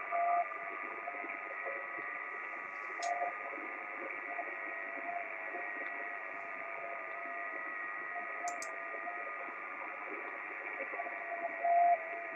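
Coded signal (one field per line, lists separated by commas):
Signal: FT8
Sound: radio hiss with several faint, steady, slowly stepping tones at different pitches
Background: radio static, room acoustics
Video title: FT8 reception by VU3BOJ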